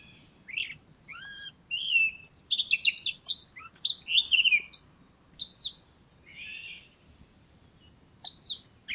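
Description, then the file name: Eurasian blackcap singing scratchy chattering notes mixed with clear whistles in bursts, loudest in the middle, then softer fragments. "Sylvia atricapilla"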